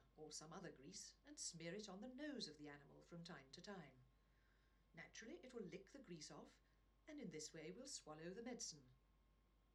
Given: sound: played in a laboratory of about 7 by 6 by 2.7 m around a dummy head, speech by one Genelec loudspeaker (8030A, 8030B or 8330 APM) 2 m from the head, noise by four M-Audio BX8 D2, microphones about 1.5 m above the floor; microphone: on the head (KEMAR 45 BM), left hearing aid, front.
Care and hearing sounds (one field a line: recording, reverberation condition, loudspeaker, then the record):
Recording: female speech in English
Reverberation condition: low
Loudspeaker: 30 degrees to the left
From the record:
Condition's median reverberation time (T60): about 310 ms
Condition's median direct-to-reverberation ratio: about 3.5 dB